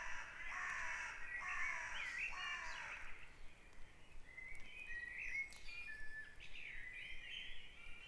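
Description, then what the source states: Birds in a dawn chorus: harsh, hoarse calls in the first three seconds, then thin whistled notes and short songs from several birds. Dawn chorus at Back Dragon Avenue, Harrogate; part of the Sound Map of Harrogate.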